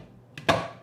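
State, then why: Not seated. A processing lid is fitted onto a frozen plastic pint container after its storage lid is removed, and twisted toward locking. A faint knock at about 0.4 s is followed by a louder, bright plastic knock near 0.5 s that rings down over the rest of the clip. Nothing has seated or clicked into place yet.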